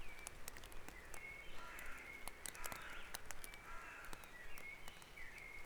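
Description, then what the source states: Birds in a dawn chorus with several overlapping whistled and warbled phrases, sharp clicks, and a constant low hum underneath. Dawn chorus recorded at Back Dragon Avenue, Harrogate, as part of a sound map of Harrogate.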